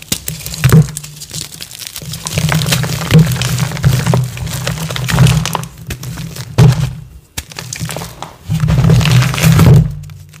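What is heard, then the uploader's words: Gym chalk being crushed: a dense run of gritty crunches and sharp cracks over a steady low grinding rumble. The grinding stops briefly around seven seconds and again at the very end, with a few heavier thunks along the way. Rusty Cylinders Reformed Gym Chalk Crush.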